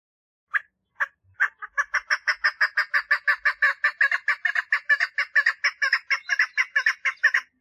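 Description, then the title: Partridge song opening with a few spaced harsh notes, then settling into a steady, even, rapid run of grating clucks. "Perdiz Cantando"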